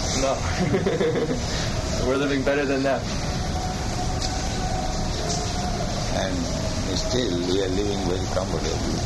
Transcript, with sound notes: No. [laughs] We're living better than them.
And still we are living very comfortably.